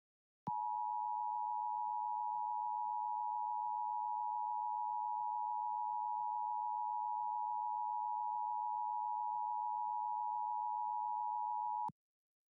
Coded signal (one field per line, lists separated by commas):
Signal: Emergency Alert System (SAME) tones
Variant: 853 and 960 Hz attention tone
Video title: SPECIAL EDITION: DX Central Live | 1150 - KSEN - Shelby, Montana DX Test | Sunday, April 9, 2023